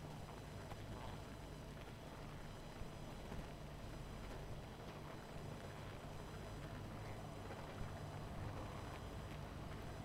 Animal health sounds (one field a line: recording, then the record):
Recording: honeybee colony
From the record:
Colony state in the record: missing queen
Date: 14 July 2017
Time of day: 20:44